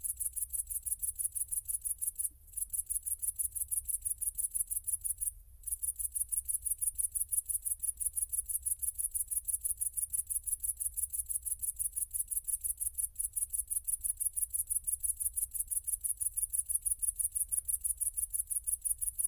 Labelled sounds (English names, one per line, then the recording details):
Great Green Bush-cricket stridulation
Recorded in the wild
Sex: male
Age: imago
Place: Kloster, Insel Hiddensee, Mecklenburg-Vorpommern, DE
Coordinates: 54.5897, 13.1044
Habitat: hedge
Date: 2008-09-09 20:50
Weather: ca. 15°C
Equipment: Sound Devices 702, Sennheiser MKH 70, Windkorb
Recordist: Frommolt, Karl-Heinz